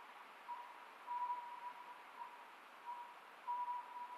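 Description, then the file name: Oriental scops owl song, short whistled notes near one pitch given in uneven bursts over a faint steady background tone. Recorded 27 May 2010 at 23:35. "konohazuku-20100527-2335"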